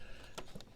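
A wiring harness connector is pushed back onto its factory mounting clip on a motorcycle frame after a low-profile tank console install. The clip briefly holds it up, then it snaps on with a sharp click at 0.6 s, after an earlier short tap at 0.4 s. The connector is clicked into place.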